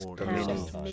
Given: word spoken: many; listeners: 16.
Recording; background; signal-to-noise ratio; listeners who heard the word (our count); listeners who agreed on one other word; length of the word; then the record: one English word in noise, from a listening test; four-talker babble; -1.0 dB; 1 of 16; 6 of 16; 0.52 s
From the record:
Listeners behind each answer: 6, 1, 1, 1, 1, 1, 1, 1, 1, 1, 1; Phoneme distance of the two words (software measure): 10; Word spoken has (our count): 2 syllables, 4 phonemes, stress on syllable 1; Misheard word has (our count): 2 syllables, 4 phonemes, stress on syllable 1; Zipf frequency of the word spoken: 5.87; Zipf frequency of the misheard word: 4.25